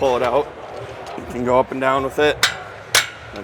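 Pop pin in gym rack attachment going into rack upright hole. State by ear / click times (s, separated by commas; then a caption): seated / 3.0 s. A spring-loaded pop pin on a gym rack attachment is pulled out so the attachment can be moved up or down, while someone talks. The pin is released and snaps into a hole in the rack upright with a sharp knock at 2.9 s, seating the attachment in place.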